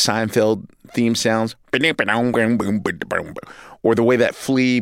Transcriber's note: imitating bass